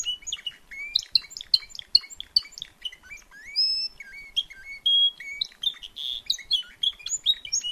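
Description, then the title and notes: Timbrado canary delivering rapid chirped phrases, then a clear rising whistle and a sustained buzzy roll before more quick twittering notes. Singing at a canary event or competition. "Canario timbrado de Gabriel. reproduccion de un canario en evento"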